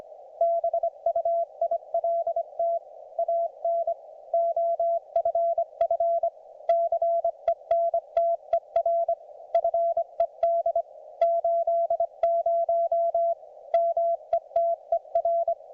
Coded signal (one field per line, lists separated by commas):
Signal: Morse code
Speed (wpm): 25 wpm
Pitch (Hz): 680 Hz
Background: none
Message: BUILT AN OFF CENTER FED 80 METER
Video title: MORSE CODE PRACTICE - RAGCHEWING WITH ART